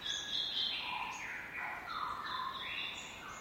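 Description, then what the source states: Lyrebird giving a busy run of squeaky calls with shifting pitch, steady throughout. More than one lyrebird, squawking.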